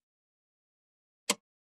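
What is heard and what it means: After a carriage jam is cleared on an HP Deskjet 3050, the second cartridge, the black ink cartridge, is held by its sides with the nozzles facing down and pushed forward into its right-hand slot in the printer carriage. Silence gives way to a single short, sharp broadband snap at 1.3 s as the cartridge locks into place, then silence returns.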